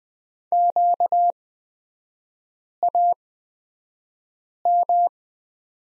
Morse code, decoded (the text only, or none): QAM